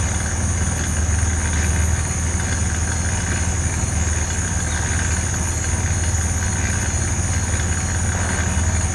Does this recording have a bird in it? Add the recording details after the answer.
no. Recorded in pastures near Puerto Asís, Putumayo, Colombia, on 20 December 2024 at 17:30. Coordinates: 0.466, -76.322. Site G040